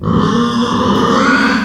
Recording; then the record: squeal of a Yucatan mini pig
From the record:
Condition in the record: after surgery on the right vocal fold (resection and tissue-engineered implant); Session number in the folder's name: 16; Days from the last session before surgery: 183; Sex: female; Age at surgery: 19 weeks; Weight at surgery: 25 kg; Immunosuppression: prednisolone